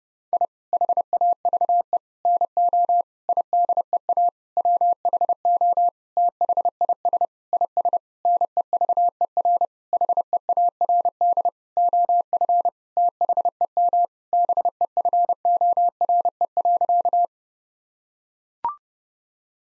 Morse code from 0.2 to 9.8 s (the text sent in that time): I HAVE NO IDEA WHO THIS IS NEVER